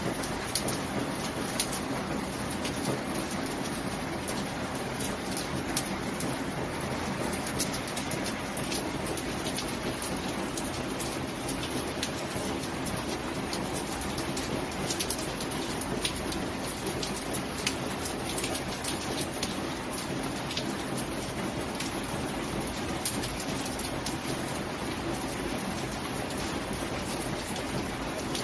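Soft rain falls steadily with no pauses, a dense, even hiss spread from low to high. Faint drop taps flick through the upper range at irregular moments, and the loudness stays level throughout, with a mild low rumble underneath.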